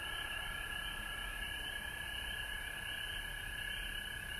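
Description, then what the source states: Chorus of frogs giving a continuous high trill and quick repeated chirps, with steady background hiss. Recorded at home in Georgia on March 19, 2020.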